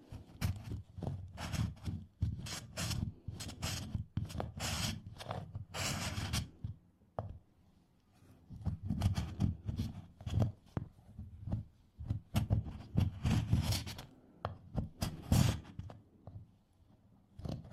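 Candle wax is scraped off in quick, uneven strokes, scratchy bursts clustering densely, pausing briefly around eight seconds, then resuming.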